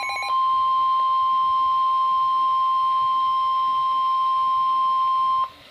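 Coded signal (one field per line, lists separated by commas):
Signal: Emergency Alert System (SAME) tones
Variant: 1050 Hz attention tone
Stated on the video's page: EAS alerts from LWX, mostly captured from Hagerstown and Baltimore, Maryland.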